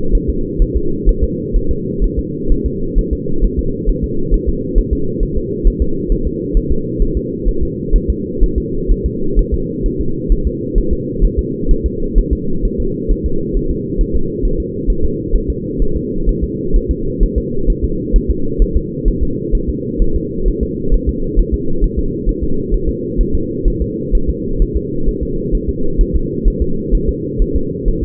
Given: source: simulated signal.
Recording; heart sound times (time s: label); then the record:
fetal heart sounds
0.15 s: S1
0.30 s: S2
0.62 s: S1
0.76 s: S2
1.09 s: S1
1.24 s: S2
1.56 s: S1
1.71 s: S2
2.04 s: S1
2.19 s: S2
2.52 s: S1
2.66 s: S2
2.98 s: S1
3.13 s: S2
3.44 s: S1
3.59 s: S2
3.89 s: S1
4.04 s: S2
4.34 s: S1
4.49 s: S2
4.78 s: S1
4.93 s: S2
5.23 s: S1
5.38 s: S2
5.67 s: S1
5.82 s: S2
6.12 s: S1
6.27 s: S2
6.57 s: S1
6.72 s: S2
7.02 s: S1
7.17 s: S2
7.48 s: S1
7.63 s: S2
7.96 s: S1
8.10 s: S2
8.44 s: S1
8.58 s: S2
8.91 s: S1
9.06 s: S2
9.39 s: S1
9.54 s: S2
9.86 s: S1
10.01 s: S2
10.32 s: S1
10.47 s: S2
10.78 s: S1
10.93 s: S2
11.25 s: S1
11.39 s: S2
11.71 s: S1
11.86 s: S2
12.19 s: S1
12.33 s: S2
12.65 s: S1
12.80 s: S2
13.12 s: S1
13.26 s: S2
13.57 s: S1
13.71 s: S2
14.01 s: S1
14.16 s: S2
14.45 s: S1
14.60 s: S2
14.90 s: S1
15.05 s: S2
15.36 s: S1
15.50 s: S2
15.82 s: S1
15.97 s: S2
16.29 s: S1
16.44 s: S2
16.76 s: S1
16.91 s: S2
17.23 s: S1
17.38 s: S2
17.70 s: S1
17.84 s: S2
18.16 s: S1
18.31 s: S2
18.62 s: S1
18.77 s: S2
19.08 s: S1
19.23 s: S2
19.55 s: S1
19.69 s: S2
20.02 s: S1
20.16 s: S2
20.48 s: S1
20.63 s: S2
20.94 s: S1
21.09 s: S2
21.39 s: S1
21.54 s: S2
21.84 s: S1
21.99 s: S2
22.29 s: S1
22.44 s: S2
22.74 s: S1
22.89 s: S2
23.21 s: S1
23.35 s: S2
23.68 s: S1
23.82 s: S2
24.15 s: S1
24.30 s: S2
24.62 s: S1
24.77 s: S2
25.08 s: S1
25.23 s: S2
25.55 s: S1
25.69 s: S2
26.01 s: S1
26.16 s: S2
26.48 s: S1
26.62 s: S2
26.95 s: S1
27.09 s: S2
27.42 s: S1
27.56 s: S2
27.88 s: S1
28.03 s: S2
From the record:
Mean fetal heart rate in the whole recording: 130 bpm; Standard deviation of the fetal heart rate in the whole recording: 4 bpm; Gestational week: 38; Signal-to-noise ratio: -8.1 dB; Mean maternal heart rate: 72 bpm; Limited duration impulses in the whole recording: absent